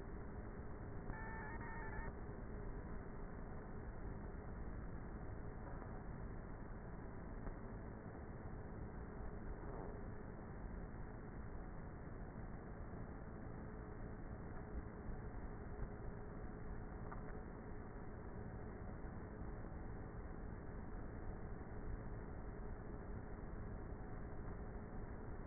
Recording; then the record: honeybee colony, microphone inside the hive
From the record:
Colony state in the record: queenless with a low population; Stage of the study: before two queens were removed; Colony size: about 30,000 bees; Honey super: no